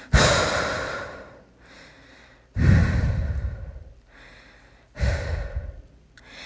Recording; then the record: deep breathing after running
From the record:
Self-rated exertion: moderate exertion (3 of 6); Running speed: 5 miles an hour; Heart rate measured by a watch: 154 beats a minute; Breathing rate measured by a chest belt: 21 breaths a minute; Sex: female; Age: 18 years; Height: 171 cm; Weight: 75 kg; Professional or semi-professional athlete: no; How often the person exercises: 1 to 2 times a week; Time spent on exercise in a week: under 1 hour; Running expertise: no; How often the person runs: 1 to 2 times a week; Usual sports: running, fencing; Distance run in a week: 3 km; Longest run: 21.3 km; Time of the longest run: 190 minutes